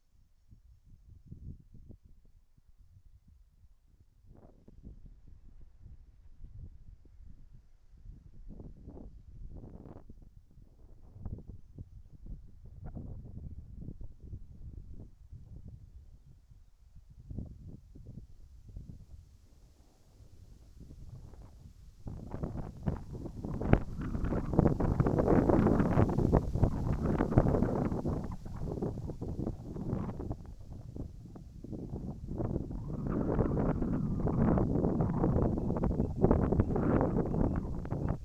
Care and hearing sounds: everyday scene through a hearing-aid microphone; wind on the microphone; wind, whistling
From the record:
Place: in front of a rural house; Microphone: behind the ear, right, front

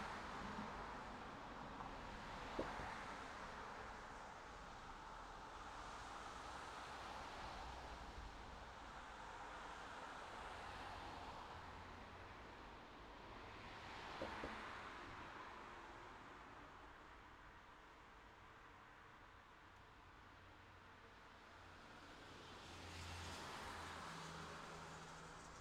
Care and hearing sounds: everyday scene through a hearing-aid microphone; in traffic; traffic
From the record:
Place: city secondary road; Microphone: in the ear canal, left

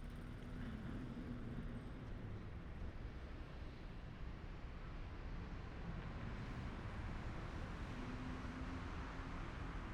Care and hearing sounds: everyday scene through a hearing-aid microphone; in traffic; traffic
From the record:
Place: main city hub, rush hour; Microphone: behind the ear, left, front

